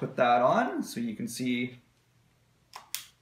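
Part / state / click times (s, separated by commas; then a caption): left game controller into console side rail / seated / 2.9 s. Someone talks, then the left handheld controller is slid down the side rail of a Nintendo Switch console until it locks. A soft sliding tick at 2.8 s is followed by a sharp, bright click at 2.9 s as the controller seats onto the rail.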